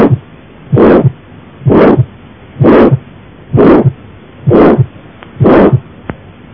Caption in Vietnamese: Tiếng thổi tâm thu tống máu, thô mạnh dần lên ở giữa thời kỳ tâm thu.